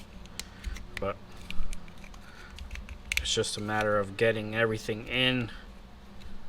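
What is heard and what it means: A 3D-printed ABS tweeter mounting cup is handled and worked against the factory door tweeter housing of a 2007–2013 second-generation Acura MDX during a speaker upgrade, making a series of brief, sharp ticks and taps between about 0.3 and 2.9 s while someone talks. The cup has not seated or clicked into the housing yet.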